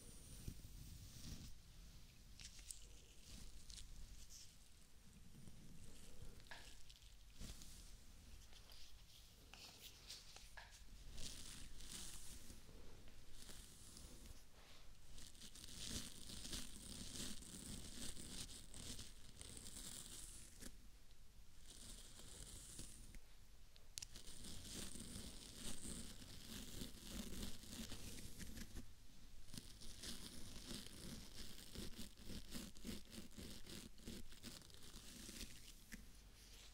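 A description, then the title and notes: Scalp scratching and hair brushing: dense, crackly bright strokes in bursts, steady throughout, with brief quieter pauses near 7, 21 and 29 seconds. ASMR Relaxing Hair Brushing, Scalp Scratching/Treatment and Massage.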